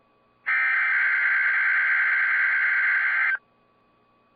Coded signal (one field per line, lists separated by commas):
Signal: Emergency Alert System (SAME) tones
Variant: header bursts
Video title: 3/30/22 - KIH28 Required Weekly Test (EAS #399)